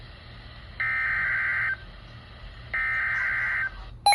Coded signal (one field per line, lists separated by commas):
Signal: Emergency Alert System (SAME) tones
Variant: header bursts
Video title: Almost There… | EAS #962-993